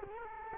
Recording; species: mosquito wingbeat signal from an infrared sensor; Culex quinquefasciatus